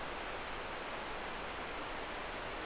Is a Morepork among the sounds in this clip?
no